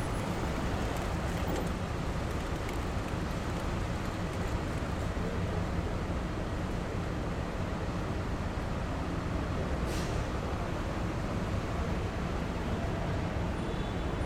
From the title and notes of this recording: Market Street, San Francisco, CA. Ambient sound of Market Street. Recorded with Zoom H6, using X/Y Mic Capsule at 120 Degrees wide.